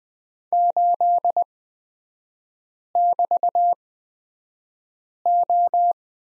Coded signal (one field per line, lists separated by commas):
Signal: Morse code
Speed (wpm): 20 wpm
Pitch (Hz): 700 Hz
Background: none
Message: 8<BT>O